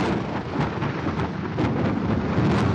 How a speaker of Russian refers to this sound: Гроза! Гроза! Вот что!